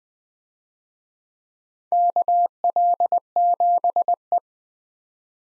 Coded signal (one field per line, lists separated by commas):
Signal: Morse code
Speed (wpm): 20 wpm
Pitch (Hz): 700 Hz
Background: none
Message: KL7E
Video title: DXCC-100 Call Signs - 4 Character 20wpm